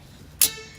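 A folding seat-bed frame in a Ford Econovan is moved and its ratchet mechanism clicks into the next locked position at 0.4 s, making the seat taller. The sharp, bright click rises over a quiet background and fades over about half a second, and the frame is seated in its new position.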